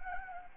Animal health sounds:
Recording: mosquito wingbeat signal from an infrared sensor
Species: Anopheles gambiae

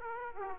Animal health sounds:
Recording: mosquito wingbeat signal from an infrared sensor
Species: Aedes aegypti

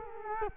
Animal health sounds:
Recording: mosquito wingbeat signal from an infrared sensor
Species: Culex quinquefasciatus

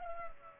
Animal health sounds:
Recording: mosquito wingbeat signal from an infrared sensor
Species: Culex pipiens

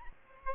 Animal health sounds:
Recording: mosquito wingbeat signal from an infrared sensor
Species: Aedes aegypti

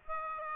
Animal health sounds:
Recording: mosquito wingbeat signal from an infrared sensor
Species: Aedes aegypti

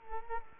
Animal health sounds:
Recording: mosquito wingbeat signal from an infrared sensor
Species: Culex quinquefasciatus

